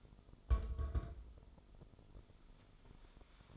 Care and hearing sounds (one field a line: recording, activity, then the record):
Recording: daily activity, microphone in the room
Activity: place on stove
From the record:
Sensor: 5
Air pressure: 988.4 hPa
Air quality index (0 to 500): 204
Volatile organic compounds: 82 ppm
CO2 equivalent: 3619 ppm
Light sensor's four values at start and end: 47/138/54/59 and 47/139/55/60